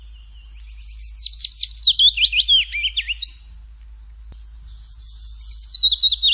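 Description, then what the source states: Willow warbler song, a gentle cascading phrase of quick whistled notes falling in pitch, followed after a short pause by the start of another phrase. Singing in a forest.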